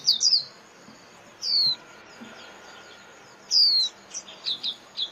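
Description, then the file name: White-eye calls: a few quick chips, then two separate high descending whistles, followed by short scattered chirps. Lure call used to attract white-eyes for trapping (tiếng khuyên mồi). "Tieng khuyen moi"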